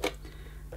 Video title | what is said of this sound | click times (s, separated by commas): Hoover Sprint Cordless Vacuum Cleaner Unboxing & First Look | locks in place close the lid and then | 0.1 s